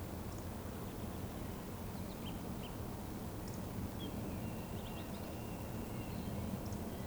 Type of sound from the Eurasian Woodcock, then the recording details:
whistle. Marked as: whistle, whistle, whistle. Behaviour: display flight. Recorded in Baden-Württemberg, Germany, on 12 June 2020 at 19:37 UTC. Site 14569, 102 m above sea level